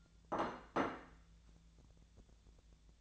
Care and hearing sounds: daily activity, microphone in the room; place plate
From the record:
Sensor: 3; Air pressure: 1000.2 hPa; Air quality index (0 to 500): 141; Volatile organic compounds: 2 ppm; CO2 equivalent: 1250 ppm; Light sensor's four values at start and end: 29/73/31/34 and 29/73/31/34

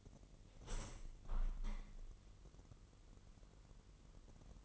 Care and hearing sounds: daily activity, microphone in the room; open window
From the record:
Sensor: 4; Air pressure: 999.6 hPa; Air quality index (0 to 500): 107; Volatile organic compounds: 2 ppm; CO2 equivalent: 1063 ppm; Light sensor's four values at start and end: 13/30/12/14 and 13/30/12/14

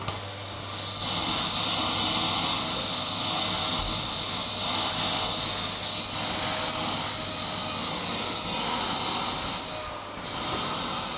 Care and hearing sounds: daily activity, microphone in the room; vacuum cleaning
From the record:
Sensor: 3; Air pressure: 1010.2 hPa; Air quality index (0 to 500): 171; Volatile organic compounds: 10 ppm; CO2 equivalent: 2232 ppm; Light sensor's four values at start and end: 166/346/166/183 and 47/118/51/57

